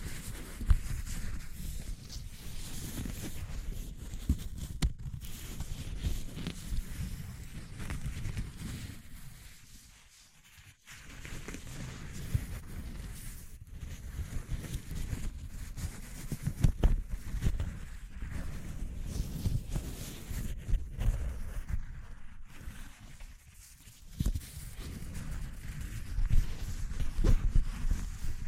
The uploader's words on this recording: ASMR Exploring Textures (No Talking).